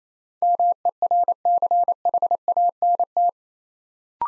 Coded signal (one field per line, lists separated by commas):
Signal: Morse code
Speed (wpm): 29 wpm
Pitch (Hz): 700 Hz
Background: none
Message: MERCHANT